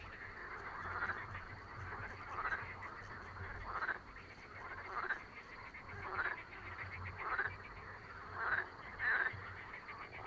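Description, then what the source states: Many frogs croaking at once, rough rattling calls pulsing in repeated surges over a continuous low drone. A babble of many frogs calling together.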